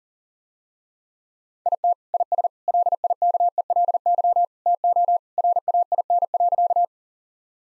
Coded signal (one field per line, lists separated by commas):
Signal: Morse code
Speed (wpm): 37 wpm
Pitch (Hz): 700 Hz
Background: none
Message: IT IS LIKELY TO RAIN.